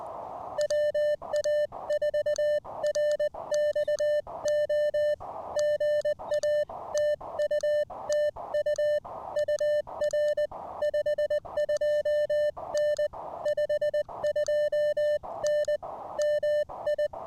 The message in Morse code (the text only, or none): WA4RXO GA TU TU UR 52N 52N MI